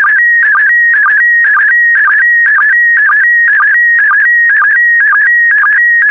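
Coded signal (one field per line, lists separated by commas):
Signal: SSTV (slow-scan television)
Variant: PD120 mode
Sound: rhythmic warbling tone near 1.9 kHz, repeating about twice a second with brief low blips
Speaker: complete. You can now check your decoded image against the picture that is shown on the video.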